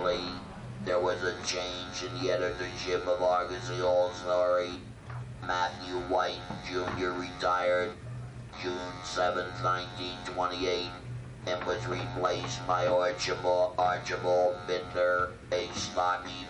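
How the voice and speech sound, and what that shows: A man reads a passage aloud in a flat, buzzy, mechanical-sounding voice, almost otherworldly, whose pitch hardly rises or falls, with a steady hum under the words. This is electrolarynx speech, where a handheld vibrating device supplies the voice in place of the voice box.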